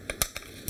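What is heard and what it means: A Canon EF lens is twisted onto a metal lens-mount adapter for a Sony E-mount camera until the locking pin engages, which means it is mounted correctly. Short, sharp ticks are heard at 0.1, 0.4 and 0.7 seconds, and the loudest click comes at 0.2 seconds as the bayonet locks. The lens is seated.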